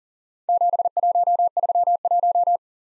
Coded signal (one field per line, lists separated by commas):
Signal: Morse code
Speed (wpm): 41 wpm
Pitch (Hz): 700 Hz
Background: none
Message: 7131